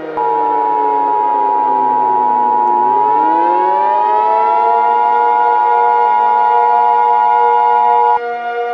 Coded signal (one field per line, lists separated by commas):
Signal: Emergency Alert System (SAME) tones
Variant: 853 and 960 Hz attention tone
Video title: EAS Scenario: Three Mile Island Nuclear Accident (Remake)